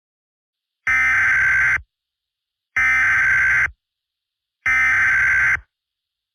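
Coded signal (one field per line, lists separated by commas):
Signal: Emergency Alert System (SAME) tones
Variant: header bursts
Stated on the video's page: Fictional EAS scenario, not a real alert.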